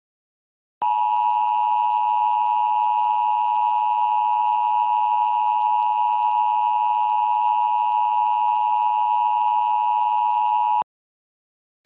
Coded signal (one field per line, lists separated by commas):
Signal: Emergency Alert System (SAME) tones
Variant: 853 and 960 Hz attention tone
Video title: An EAS Scenario - Arachnothuella